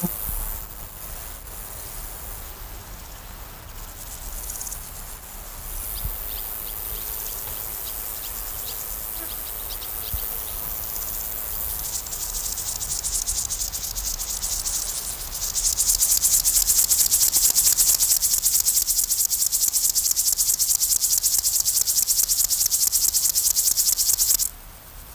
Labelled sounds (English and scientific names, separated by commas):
Upland Field Grasshopper (Chorthippus apricarius) stridulation